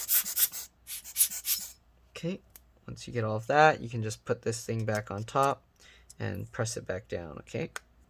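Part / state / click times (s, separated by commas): fan top cover onto laptop cooling fan housing / not seated / none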